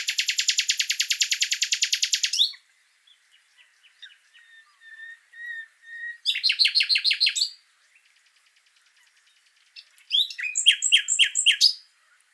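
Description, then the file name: Common nightingale song: loud rapid repeated trills, a soft pause with quiet whistled notes, then a series of repeated notes and a final run of sharp notes. "Luscinia megarhynchos"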